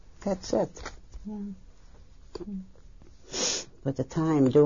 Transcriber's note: sniffles